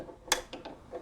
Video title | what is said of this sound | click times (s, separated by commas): How to make patch using Brother PE800 embroidery machine (Martin Embroidery Design) | spin it because if it clicks I don't know if you just heard the click but it locks in place so it won't move | 0.3 s